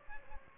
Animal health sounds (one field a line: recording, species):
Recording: mosquito wingbeat signal from an infrared sensor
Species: Aedes aegypti